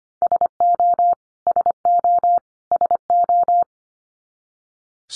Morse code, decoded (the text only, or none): SO SO SO